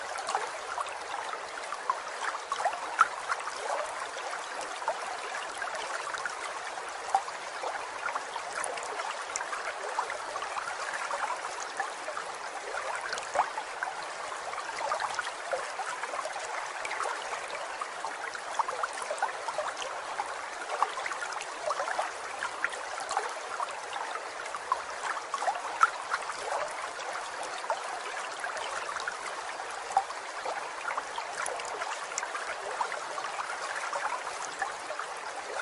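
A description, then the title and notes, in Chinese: A small stream runs steadily, a dense, even wash of trickling water centered in the middle and upper range with almost nothing in the lows. Tiny splashes and ticks pop out irregularly throughout, but the overall flow stays constant. 流水聲。小河,溪水。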